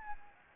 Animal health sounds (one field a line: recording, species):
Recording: mosquito wingbeat signal from an infrared sensor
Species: Anopheles gambiae